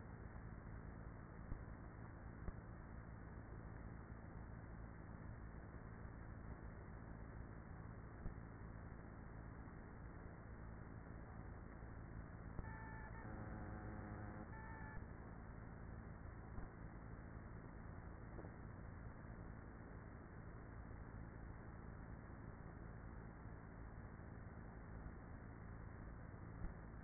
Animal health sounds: honeybee colony, microphone inside the hive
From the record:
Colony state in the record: queenless with a low population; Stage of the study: after two queens were removed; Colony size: about 30,000 bees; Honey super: no

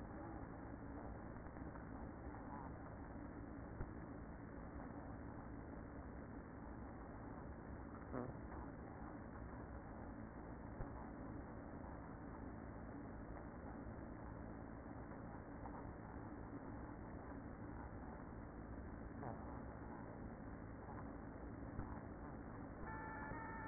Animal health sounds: honeybee colony, microphone inside the hive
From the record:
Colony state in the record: queen present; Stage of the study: after two queens were removed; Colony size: about 60,000 bees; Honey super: yes

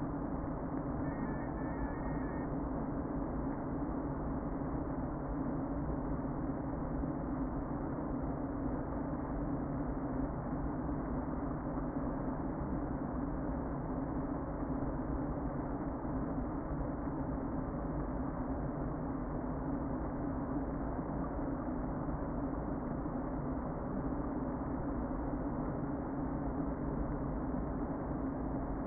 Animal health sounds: honeybee colony, microphone inside the hive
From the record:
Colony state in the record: queen present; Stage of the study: before two queens were removed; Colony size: about 60,000 bees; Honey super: yes

